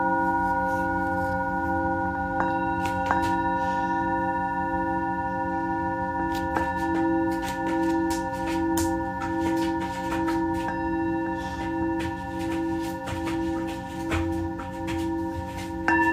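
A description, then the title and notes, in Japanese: Singing bowls ring with steady, sustained tones that hold throughout, several pitches layered over a low hum. From about the seventh second a gentle pulsing wobble rolls through one tone, while soft taps and small clicks scatter across the clip. メキシコから シンギングボウルのサウンドヒーリング ライブ。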